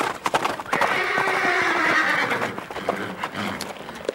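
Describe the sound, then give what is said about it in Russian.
A horse lets out a long, shrill whinny that wavers and fades, framed by sharp, irregular hoof clops before and after the call. “Человек и лошадь сосуществовали еще задолго до Древнего Рима.”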